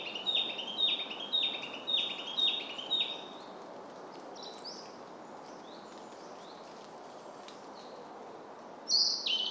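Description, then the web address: Narcissus flycatcher song: a run of repeated whistled, down-slurred notes for three seconds, then faint high twitters and a brief loud note at the end. "izumino saunndo kibitaki"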